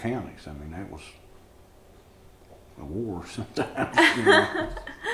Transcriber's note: laughter